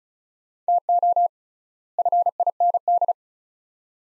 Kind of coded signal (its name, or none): Morse code